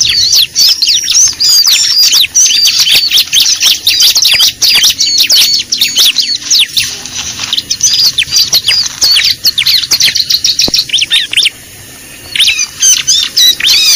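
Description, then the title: Lovebird calls, a busy stream of sharp high chirps and squeaks, closely packed and overlapping, with a short lull near the end. Lure recording (pikat) used to attract lovebirds. "PIKAT BURUNG LOVEBIRD"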